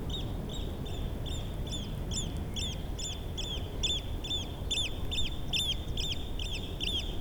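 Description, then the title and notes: Eurasian oystercatcher calling in flight, a quick series of shrill piping notes, about two or three each second, over a constant low roar of wind. Flying bird passing in front of the recorders at Nexø, Denmark; low mud sound and some wind noise on the microphones; recorded with a Sony PCM-D100 on internal mics. "Hovedgade 1L, 3730 Nexø, Denmark - Flying oystercatcher. Flying oystercatcher, passing in front of recorders. Low mud sound. Some wind noise on the mics. Passage d’huîtrier pie. Faible bruit de vase. On peut entendre le vent sur les microphones"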